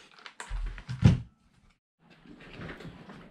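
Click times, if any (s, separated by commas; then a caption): 0.4 s. During reassembly of an Arrma Senton BLX 3S RC car, a part near the motor is pressed until its plastic clip snaps into place, with the clip's click heard at 0.4 s. Smaller ticks follow around 0.8 and 0.9 s, then a louder burst of handling noise near 1.1 s, silence, and soft rustling from about 2.1 s to the end. The clip is seated.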